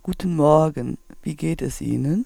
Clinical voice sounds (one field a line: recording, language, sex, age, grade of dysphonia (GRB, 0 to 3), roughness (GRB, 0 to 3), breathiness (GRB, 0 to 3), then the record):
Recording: spoken sentence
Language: German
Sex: female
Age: 40 to 49 years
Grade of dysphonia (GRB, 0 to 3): 2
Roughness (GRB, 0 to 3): 1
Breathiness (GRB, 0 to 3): 2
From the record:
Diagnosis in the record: functional dysphonia, psychogenic dysphonia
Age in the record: 44 years